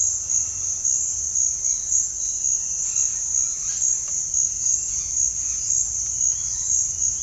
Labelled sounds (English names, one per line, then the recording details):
Mealy Parrot
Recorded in dense forest near Puerto Asís, Putumayo, Colombia, on 20 February 2024 at 06:30
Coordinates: 0.496, -76.326
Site G6383